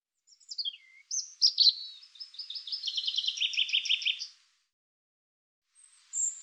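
European robin opening with thin descending whistles, then a long run of rapid high trilled notes lasting about three seconds, and a final brief thin note after a pause.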